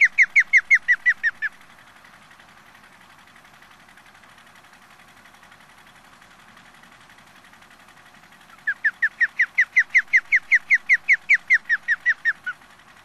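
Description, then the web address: Osprey calls: a rapid run of sharp whistled chirps lasting about a second and a half, then a long pause before a longer series of many chirps, over steady low noise. Sakhalin and Kuril Islands. "priroda sakhalina i kuril. Pandion haliaetus"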